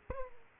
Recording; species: mosquito wingbeat signal from an infrared sensor; Aedes aegypti